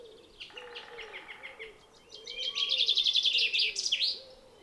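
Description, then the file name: Common chaffinch song: a quick series of ringing notes building to a louder run and a sharp ending flourish, with faint low repeated hoots behind. "Fringilla coelebs"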